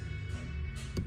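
The replacement Li-ion battery's wire connector is being handled and pushed toward its socket on the control board of a Wahl Magic Clip Cordless hair clipper. Over a steady low, tonal background, a brief sharp tick is heard at about 1.0 s. The connector has not seated or clicked into the board yet.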